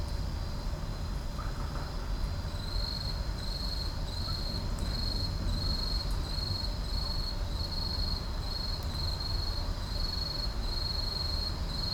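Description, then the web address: Insects at night: a bright high trill beating in steady pulses after a quieter start, over a continuous low rumble. At night in an urban park. "boom library Urban and Suburban Urban park night insects"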